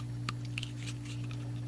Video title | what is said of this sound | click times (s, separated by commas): Greenote Corded Stick Vacuum Cleaner Review | and snap into place like that. | 0.3 s, 0.6 s